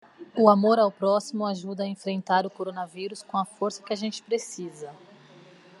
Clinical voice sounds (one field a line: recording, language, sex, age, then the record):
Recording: spoken sentence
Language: Brazilian Portuguese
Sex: female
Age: 30 to 39 years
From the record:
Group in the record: control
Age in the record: 39 years